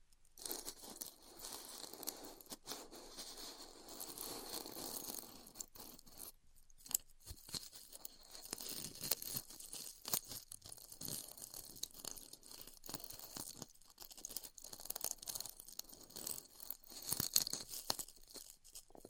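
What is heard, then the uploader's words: Styrofoam being cut with a heated tool, a dense, bright crackling and hissing that runs through the whole clip with constant small ticks and pops. Brief gaps break it up, most clearly around seven seconds, and sharper snaps stand out near seventeen seconds. ASMR Styrofoam Heat Cutting (No Talking).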